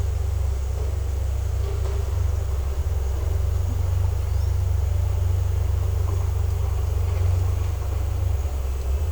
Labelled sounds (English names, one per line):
none